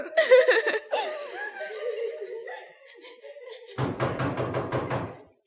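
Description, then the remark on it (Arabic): Laughter and voices give way to a rapid burst of heavy, loud bangs on a door, several blows struck in quick, steady succession before it stops abruptly, in the series Alf Leila wa Leila (One Thousand and One Nights). “افتح يا نبقى يا نبقى. طول بالك جرى ايه؟ هتكسر الباب ولا؟”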